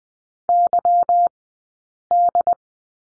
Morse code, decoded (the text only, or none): YD